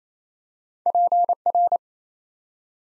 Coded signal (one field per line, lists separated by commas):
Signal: Morse code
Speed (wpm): 29 wpm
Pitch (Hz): 700 Hz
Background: none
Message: PR